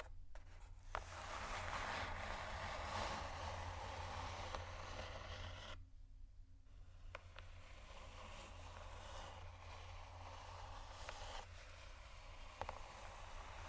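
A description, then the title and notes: Slow, deep, soft scratching runs through most of the clip as a dense, rough rasp over a steady low rumble. Around six seconds the scratching drops away briefly, leaving mostly the low hum, then resumes. Faint short clicks appear now and then. Slow, Deep & Soft Scratching (No Talking).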